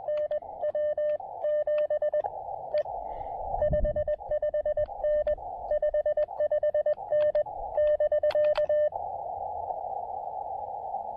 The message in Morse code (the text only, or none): NW 7 E 55N 55N <BK>